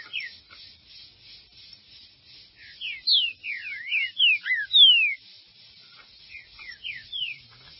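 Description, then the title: Green-winged saltator song: a rich sequence of crisp whistles, falling slurs mixed with rising ones, loudest and densest in the middle. "Trinca Ferro"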